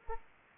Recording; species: mosquito wingbeat signal from an infrared sensor; Anopheles arabiensis